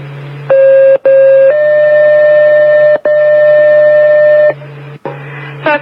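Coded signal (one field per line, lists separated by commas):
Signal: two-tone page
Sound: two short buzzy tones, then a long slightly higher tone over low hum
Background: low radio hum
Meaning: Alert tones activating fire pagers for stations 1 and 2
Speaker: so front next stations one and two Monday test page test me 1 2 3 4 5 test complete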